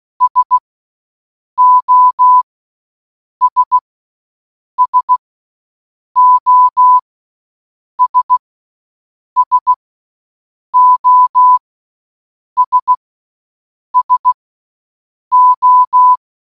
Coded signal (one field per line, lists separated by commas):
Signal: Morse code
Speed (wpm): 16 wpm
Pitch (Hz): 1000 Hz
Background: none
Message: SOS SOS SOS SO